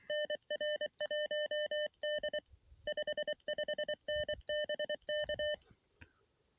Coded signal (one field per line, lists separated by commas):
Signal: Morse code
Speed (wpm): 23 wpm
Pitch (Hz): 600 Hz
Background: none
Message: NR1D 55N BK